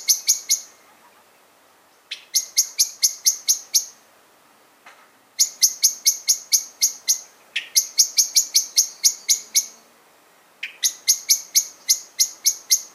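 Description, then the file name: Common blackbird chinking repeatedly, sharp metallic notes in several fast bursts separated by short pauses. "Turdus merula"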